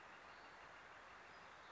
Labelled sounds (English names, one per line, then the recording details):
Northern Flicker
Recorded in Sonoma County, California